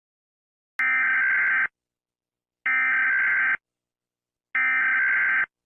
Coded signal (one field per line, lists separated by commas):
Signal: Emergency Alert System (SAME) tones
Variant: header bursts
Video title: Eas Scenario (The Tsunami)